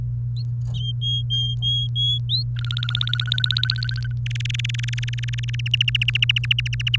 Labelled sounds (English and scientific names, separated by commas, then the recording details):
Domestic Canary (Serinus canaria) song
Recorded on 29 April 2018 at 05:47
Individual llb3